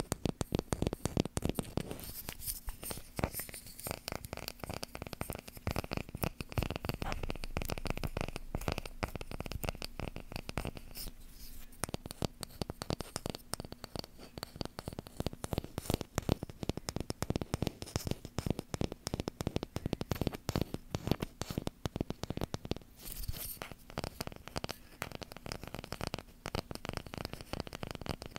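Wooden and cork triggers are tapped and scratched in dense, rapid bursts, with brief quieter lulls around eleven and twenty-three seconds.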